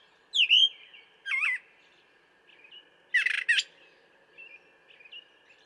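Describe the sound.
Brown thrasher song: a few loud, harsh, scratchy phrases separated by pauses, with softer chirping notes between them and a steady faint tone underneath.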